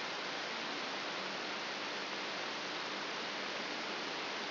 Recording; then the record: brain microelectrode recording played as sound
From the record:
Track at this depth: inside the subthalamic nucleus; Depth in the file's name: 2.904 mm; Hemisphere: left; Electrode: 3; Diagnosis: Parkinson's disease